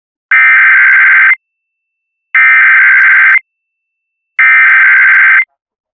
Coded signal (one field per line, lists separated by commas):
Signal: Emergency Alert System (SAME) tones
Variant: header bursts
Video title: KACV Tornado Warning EAS (3/5/2026)